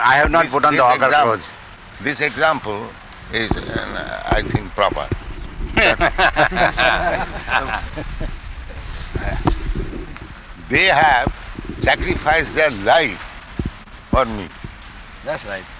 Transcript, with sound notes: I have not put on the order clothes.
This example is, I think, proper. [laughs] They have sacrificed their life for me.
That's right.